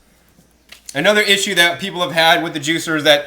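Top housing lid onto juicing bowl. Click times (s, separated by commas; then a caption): 0.7 s. The plastic top housing lid of an Omega VRT330 VERT juicer, its arrow lined up with the red dot, is set in place and turned until it locks onto the juicing bowl, with a short click at 0.7 s. Someone then talks. The lid is seated and locked.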